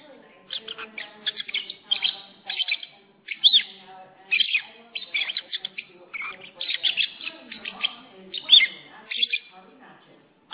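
Lovebird twittering in scratchy high chirps, bunched into lively bursts separated by short quiet gaps.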